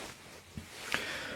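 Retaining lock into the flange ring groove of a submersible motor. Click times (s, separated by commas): 0.9 s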